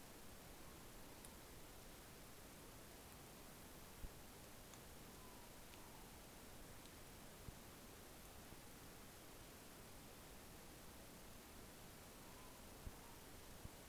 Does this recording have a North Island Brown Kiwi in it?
no